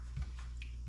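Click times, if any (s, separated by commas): 0.6 s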